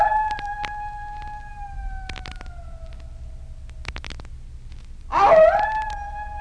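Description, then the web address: Wolf howling: a sustained, gently falling note fades out, then a fresh howl rises sharply and holds steady after a short pause. "efectos sonido lobo"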